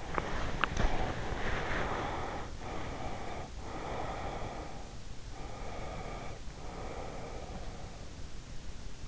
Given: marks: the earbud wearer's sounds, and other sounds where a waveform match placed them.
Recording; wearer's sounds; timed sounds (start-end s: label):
sounds in sleep by an in-ear microphone; body movement, breath
0.00-2.61 s: body movement
2.70-4.89 s: breath
5.47-8.30 s: breath